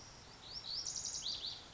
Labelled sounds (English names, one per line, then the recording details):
Lazuli Bunting
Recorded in Sonoma County, California